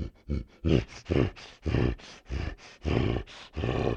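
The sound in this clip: Dog growling, a series of harsh rumbling snarls in short bursts.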